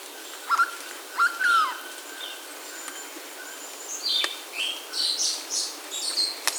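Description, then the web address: Bird calls, two falling whistled notes early, then higher thin chirps later, with steady background hiss. "BIRD 2015 SABIOD"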